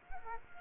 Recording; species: mosquito wingbeat signal from an infrared sensor; Culex quinquefasciatus